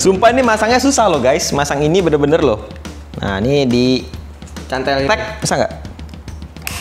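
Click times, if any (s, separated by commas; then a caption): 6.7 s. Someone talks while fitting a hard-to-attach accessory part, likely an antenna or holder, onto a DJI Mavic Mini drone or its remote controller. As the part is turned and raised, a quick series of small creaking ticks comes at about 6.0, 6.1, 6.3, 6.4 and 6.6 s. A single sharp click at 6.7 s shows the part seating in place.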